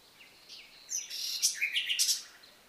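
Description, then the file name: Common nightingale song: a short rich phrase of quick whistles and chirps, rising in intensity then fading. "Luscinia megarhynchos"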